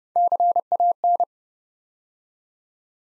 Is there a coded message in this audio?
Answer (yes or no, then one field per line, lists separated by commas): yes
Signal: Morse code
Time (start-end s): 0.2-1.2 s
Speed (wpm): 30 wpm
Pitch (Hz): 700 Hz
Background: none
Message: CAN